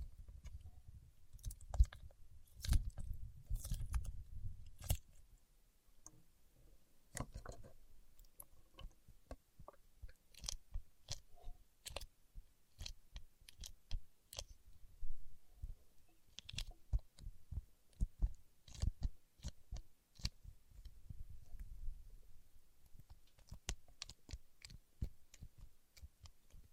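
Paraffin wax being peeled, tapped and scratched in dense, irregular crackles and clicks, with low rumbly handling bursts near the start and around twenty seconds.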